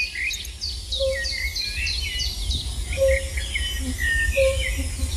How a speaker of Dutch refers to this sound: Verslaggever Gert Elbertsen hoorde deze waterrietzanger in Oost-Polen. Hoor je hem? Met uitsterven bedreigde zangvogel die vrijwel uitsluitend in Europa broedt.